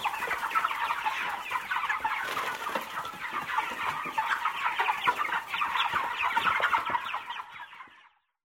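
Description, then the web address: Birds in a flock clucking in a continuous dense chatter that fades out in the final second. "audio animali uccelli uccelli birds"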